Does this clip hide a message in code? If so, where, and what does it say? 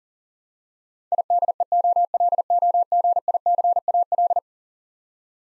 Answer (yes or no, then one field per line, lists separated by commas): yes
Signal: Morse code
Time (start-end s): 1.1-4.4 s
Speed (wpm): 40 wpm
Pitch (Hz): 700 Hz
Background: none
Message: IDEOLOGICAL